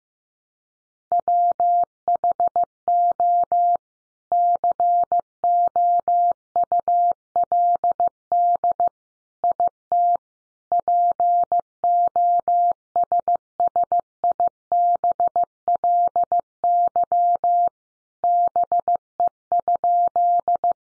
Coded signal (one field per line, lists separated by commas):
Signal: Morse code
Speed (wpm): 14 wpm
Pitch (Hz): 700 Hz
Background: none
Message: WHO COULD IT POSSIBLY BE?